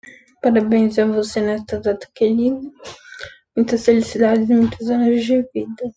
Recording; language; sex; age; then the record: short text; Brazilian Portuguese; female; 20 to 29 years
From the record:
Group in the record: control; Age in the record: 27 years